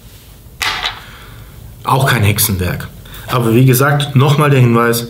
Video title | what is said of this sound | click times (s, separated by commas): Anleitung für LED Hexagon lights von Performance Floor | ein kabel rein und drückt es dann runter dass das einrastet und somit verbindet auch | 0.6 s